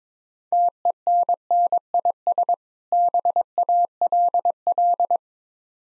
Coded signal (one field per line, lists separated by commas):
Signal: Morse code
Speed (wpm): 22 wpm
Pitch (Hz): 700 Hz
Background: none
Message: TENNIS BALL